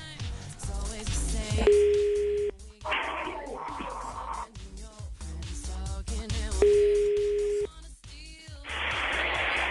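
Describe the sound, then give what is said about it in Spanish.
A phone line's ringback tone sounds twice while calling a woman's phone during a Panda Show prank call, each a steady mid-pitched beep under a second long, about five seconds apart, amid busy clattering and hissy background noise. “A ver, danos el teléfono de la mujer.”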